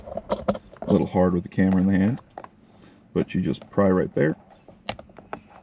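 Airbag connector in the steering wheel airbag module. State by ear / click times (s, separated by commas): released / 4.9 s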